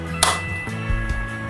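On an Usha sewing machine, the handwheel clutch knob is pulled outward to disengage the needle drive before winding the bobbin. It releases with a sharp click at 0.2 s over a steady tonal hum, followed by a few softer knocks.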